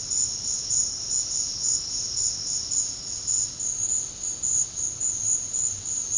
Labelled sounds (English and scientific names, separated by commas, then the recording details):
none
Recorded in secondary vegetation near Puerto Asís, Putumayo, Colombia, on 13 March 2025 at 12:30
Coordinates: 0.484, -76.319
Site G010